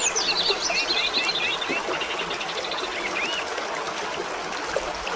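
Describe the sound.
Birds singing, opening with a rapid wavering warble that slides downward, then scattered chirps over a constant rushing water-like hiss.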